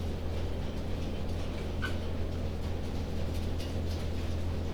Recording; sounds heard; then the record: poultry house recording; healthy chickens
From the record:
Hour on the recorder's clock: 21